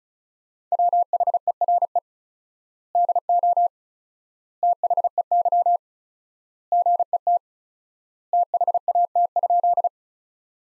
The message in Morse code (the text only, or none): WHERE DO THEY GET THAT?